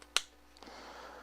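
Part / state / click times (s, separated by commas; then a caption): mounting clip onto the back of a body camera / seated / 0.2 s. A plastic mounting clip is slid into the grooves on the back of a Boblov body camera and pushed until it clicks in place. A sharp, bright click sounds at 0.2 s, followed by a few faint ticks and light handling noise. The clip is seated.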